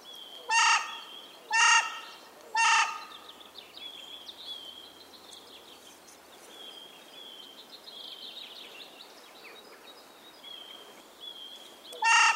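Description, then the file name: Carrion crow giving harsh, hoarse caws, three in a row about a second apart, then a pause filled with faint high twittering before one more caw. "Corvus corone"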